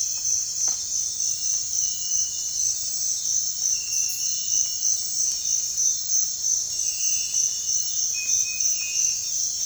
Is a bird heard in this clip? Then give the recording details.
no. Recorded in dense forest near Puerto Asís, Putumayo, Colombia, on 21 December 2024 at 05:00. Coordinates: 0.468, -76.322. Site G071